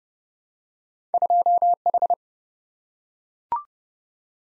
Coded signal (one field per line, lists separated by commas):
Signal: Morse code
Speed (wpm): 30 wpm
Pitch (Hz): 700 Hz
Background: none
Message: 2H